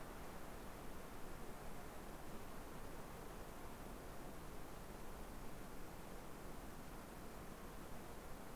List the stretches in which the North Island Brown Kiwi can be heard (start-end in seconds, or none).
none